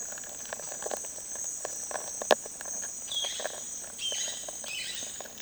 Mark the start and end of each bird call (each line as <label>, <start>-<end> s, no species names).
bird call, 3.00-5.03 s